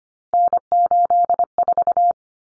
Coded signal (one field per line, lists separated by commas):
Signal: Morse code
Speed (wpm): 25 wpm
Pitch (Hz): 700 Hz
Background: none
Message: N84